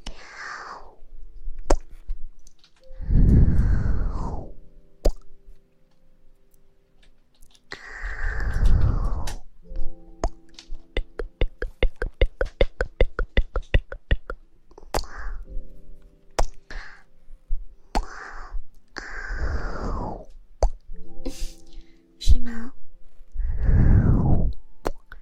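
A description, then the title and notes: Soft breathy blowing and wet kissing sounds in the ear, with slow gusts every few seconds and a burst of rapid smacking clicks mid-way. ASMR Blowing in the ear, kissing in the ear.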